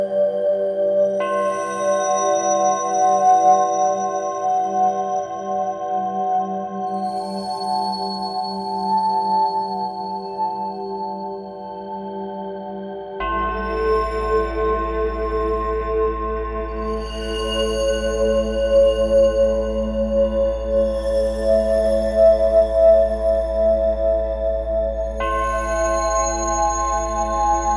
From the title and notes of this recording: Tibetan Singing Bowl Healing. The resonating sounds of the singing bowls.